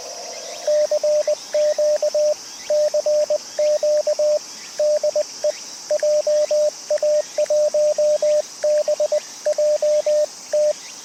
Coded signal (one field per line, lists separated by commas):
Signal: Morse code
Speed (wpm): 20 wpm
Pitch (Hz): 600 Hz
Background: radio noise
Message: CQ CQ DE JA1BJT